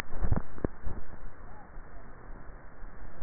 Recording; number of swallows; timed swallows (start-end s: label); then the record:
swallowing sounds by neck microphone; 1
0.22-1.08 s: swallow
From the record:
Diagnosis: dysphagia